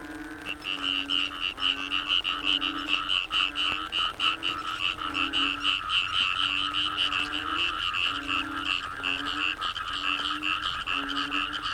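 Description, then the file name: Frogs calling densely in a continuous chorus, rapid pulsed notes repeating throughout, with repeated low tonal notes underneath. Frogs in the Cherating wetlands, Malaysia; wetland soundscape. "yamaha frogs cherating wetlands"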